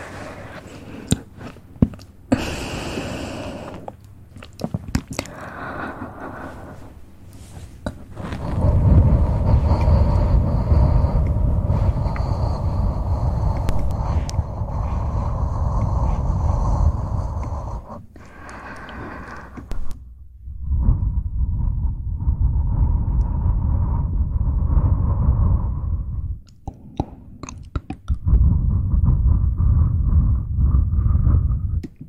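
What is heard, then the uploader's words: Quick mouth sounds, clicks, smacks and wet pops, come in bursts during the first eight seconds. Then a dense, low, rushing blow with a steady ringing tone runs until about 18 seconds, returns after a short pause, and continues in two more stretches. ASMR ReZero Rem Cosplay Fastest Mouth Sounds.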